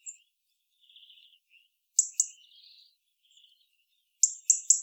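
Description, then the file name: European robin calls: faint thin, wavering notes, then two sharp high ticks, a short warble, and a closing burst of three quick ticks. "Erithacus rubecula"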